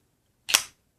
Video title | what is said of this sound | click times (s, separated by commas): Therion Bf Dna75w By Lost Vape (Revue FR) | capot ici c'est clipsé ça bouge plus c'est ça tient vraiment bien en place | 0.5 s